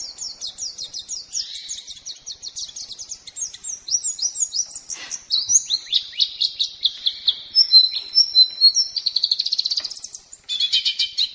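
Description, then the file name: White-eye song, a long run of rapid high twittering and sweeping whistled notes, getting louder and more varied in the second half. White-eye from Lombok; recording used for training songbirds. "pleci lombok omkicau"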